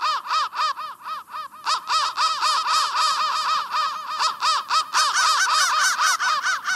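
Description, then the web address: Crows cawing, harsh arched caws repeated rapidly by several birds at once, overlapping in a steady noisy chorus. "soundfactory crow"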